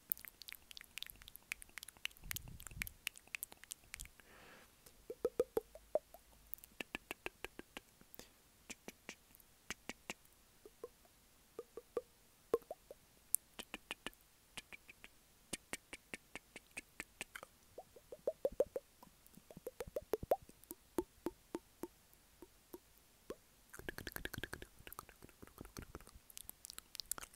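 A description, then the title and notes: Mouth sounds: wet clicks, pops and smacks arrive in quick irregular bursts throughout, sharp and crisp. Brief soft breathy or hissy passages appear near the start and again around the twenty-four second mark. ASMR The MOST Tingly MOUTH Sounds (Apple Mic VS $20 Mic VS $200 Mic).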